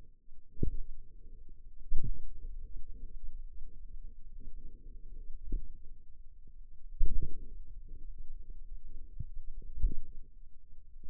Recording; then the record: forearm muscle sounds (acoustic myography)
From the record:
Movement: pen grasping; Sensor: system 2, bracelet of six BSWA MPA416 microphones around the upper forearm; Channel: 1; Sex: female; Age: 23 years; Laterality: right